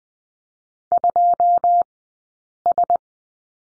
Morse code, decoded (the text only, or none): 2S